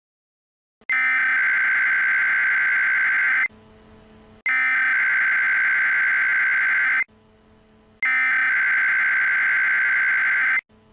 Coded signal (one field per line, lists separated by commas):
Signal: Emergency Alert System (SAME) tones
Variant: header bursts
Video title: Don’t Approach It; An EAS Scenario